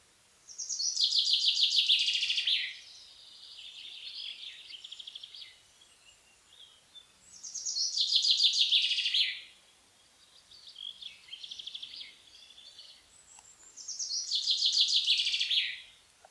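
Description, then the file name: Common chaffinch gives three loud, cascading trilled phrases, each ending in a flourish, about seven seconds apart. Softer twittering notes fill the gaps between them. "pinsondesarbres"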